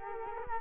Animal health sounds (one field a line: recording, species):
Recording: mosquito wingbeat signal from an infrared sensor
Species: Culex quinquefasciatus